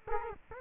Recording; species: mosquito wingbeat signal from an infrared sensor; Culex quinquefasciatus